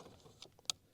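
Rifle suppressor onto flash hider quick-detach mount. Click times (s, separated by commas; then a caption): 0.7 s. A rifle suppressor is slid onto a flash hider's toothed quick-detach mount, then its latch is pulled up and moved to the side. Faint handling clicks lead into one sharp, loud metallic snap at 0.7 s as the suppressor locks solidly in place.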